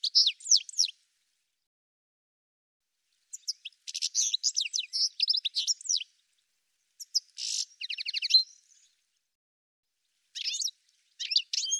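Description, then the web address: Bird song: separate bursts of high twittering and buzzy trills, spaced by short pauses, throughout. "cianscape birddata"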